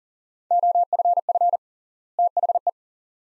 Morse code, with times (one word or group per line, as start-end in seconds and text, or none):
0.5-1.6 OFF
2.2-2.7 THE